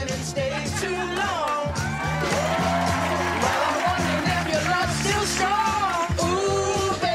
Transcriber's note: singing; applause; singing